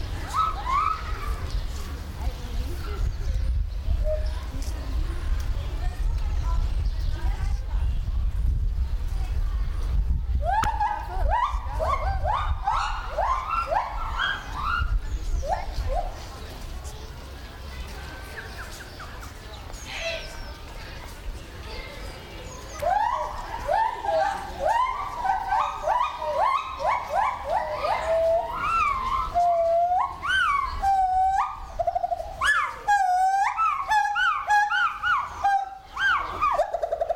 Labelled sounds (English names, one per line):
Pileated Gibbon